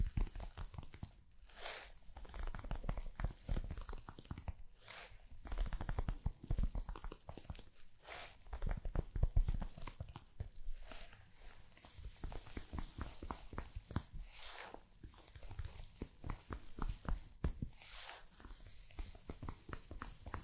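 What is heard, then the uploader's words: Dense brushing and scratching against fabric, with steady rapid strokes and occasional louder bright swishes every few seconds. ASMR Body Brushing Fabric Sounds ( Massage, Tapping, Scratching ).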